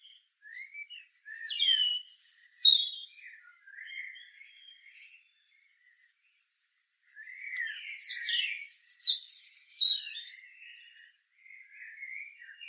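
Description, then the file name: European robin giving two tumbling bursts of high, jumbled notes separated by a few seconds of silence, with softer trailing warbles after each. "Erithacus rubecula"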